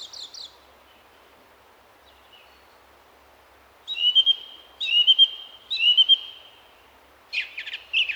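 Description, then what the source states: Song Thrush song: brief high notes, a pause, then a clear whistled phrase repeated three times in quick succession, ending with a harsher, scratchy phrase given twice. Male singing from an ivy bush in a garden most nights, for about 20 minutes; phrases repeated, repetition characteristic of the species; one phrase likened to 'pieces of eight'.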